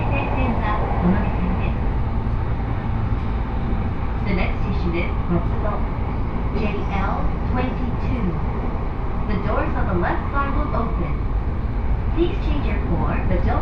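Riding a Joban Line local train from Kita-Senju toward Abiko: a steady, heavy rumble of the carriage fills all fourteen seconds without letup. Voices murmur over it, with brief speech-like bursts around four, seven, ten and twelve seconds.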